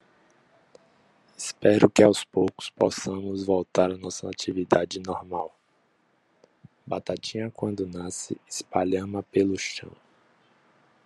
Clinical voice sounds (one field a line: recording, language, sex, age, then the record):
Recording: short text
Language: Brazilian Portuguese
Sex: male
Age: 30 to 39 years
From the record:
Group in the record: control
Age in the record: 39 years